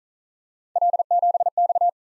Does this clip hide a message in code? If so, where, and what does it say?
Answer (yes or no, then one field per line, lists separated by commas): yes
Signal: Morse code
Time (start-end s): 0.8-1.9 s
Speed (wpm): 42 wpm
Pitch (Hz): 700 Hz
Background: none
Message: L7X